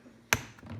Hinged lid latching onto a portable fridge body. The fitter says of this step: I can shut the door this direction have it snap and that's a nice thing when it snaps you know you're closed